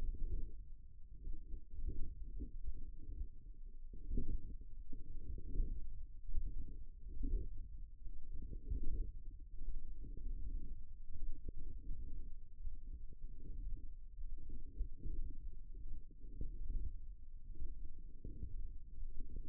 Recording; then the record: forearm muscle sounds (acoustic myography)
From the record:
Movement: wrist flexion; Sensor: system 1, eight BSWA MPA416 microphones around the upper forearm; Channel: 8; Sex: female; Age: 20 years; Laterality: right